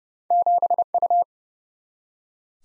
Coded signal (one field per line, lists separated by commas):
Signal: Morse code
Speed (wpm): 30 wpm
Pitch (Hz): 700 Hz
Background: none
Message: 7U